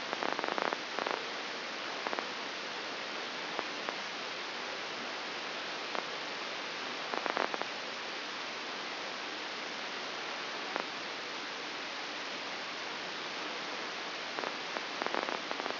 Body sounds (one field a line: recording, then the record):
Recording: brain microelectrode recording played as sound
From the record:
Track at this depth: outside the subthalamic nucleus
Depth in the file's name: 8.06 mm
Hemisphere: left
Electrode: 2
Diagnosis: Parkinson's disease